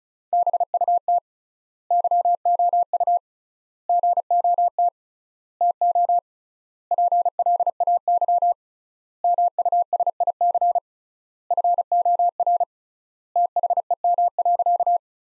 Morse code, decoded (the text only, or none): BUT YOU GOT TO PLAY MUSIC FOR THEM.